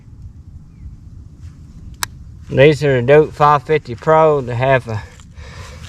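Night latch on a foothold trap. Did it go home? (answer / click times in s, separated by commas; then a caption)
yes / 2.0 s. The night latch on a Duke 550 Pro steel foothold coyote trap is pulled down until it clicks into the set position, giving a sharp, loud metallic click at 2.0 s after a quiet stretch. Someone then talks over faint background noise.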